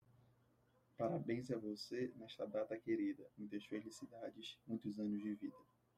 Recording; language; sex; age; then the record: short text; Brazilian Portuguese; male; 20 to 29 years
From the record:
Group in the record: control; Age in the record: 23 years